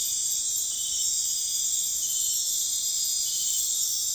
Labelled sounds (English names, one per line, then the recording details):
none
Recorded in pastures near Puerto Asís, Putumayo, Colombia, on 4 March 2025 at 02:00
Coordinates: 0.502, -76.324
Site GP07